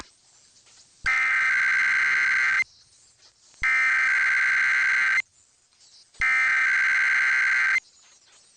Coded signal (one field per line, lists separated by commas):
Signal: Emergency Alert System (SAME) tones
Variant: header bursts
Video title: [EAS #2571-#2573] Sunday Night Required Weekly Tests